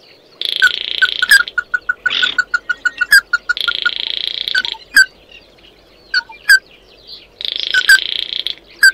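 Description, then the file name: Bird calls: a rapid series of short notes runs beside long buzzy hisses, followed by scattered single sharp chips. "Tieng chim mat do"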